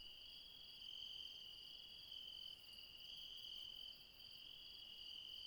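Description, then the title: Insects ringing continuously in a high, even trill, the steady chorus dipping slightly in loudness partway through. Mountain insects calling late at night near Refuge Krevatia, Barbala, Dion, Greece. "Refuge Krevatia, Μπαρμπαλά, Dion 601 00, Greece - Late night mountain insects"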